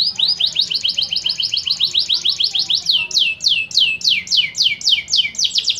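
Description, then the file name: Canary song: a fast rattling trill of high notes that slows into a series of sweeping downward chirps, each repeated several times a second. Lure song used for training canaries. "Suara Pancingan Kenari"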